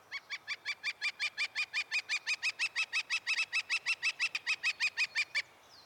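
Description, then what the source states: Northern Flicker call: a long, steady run of many loud, even notes, lasting over five seconds before stopping abruptly. Brownish woodpecker, larger than a robin.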